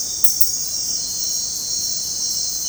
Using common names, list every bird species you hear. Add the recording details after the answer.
none. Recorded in dense forest near Puerto Asís, Putumayo, Colombia, on 20 February 2024 at 00:30. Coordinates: 0.503, -76.322. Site G6418